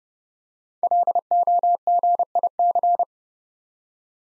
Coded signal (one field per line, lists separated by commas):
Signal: Morse code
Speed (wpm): 30 wpm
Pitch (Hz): 700 Hz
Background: none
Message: LOGIC